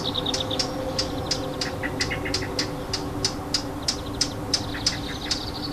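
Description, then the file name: Warbler tacking calls, crisp clicks repeated roughly three times a second, with soft trilling notes woven between and a low humming background. Alarm call, recorded 25 June 2014 with an MZ-N710 recorder. "Fauvette cri d alarme 25 06 14"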